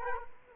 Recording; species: mosquito wingbeat signal from an infrared sensor; Culex quinquefasciatus